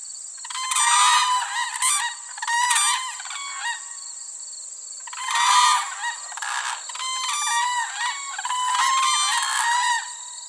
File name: Whooping Crane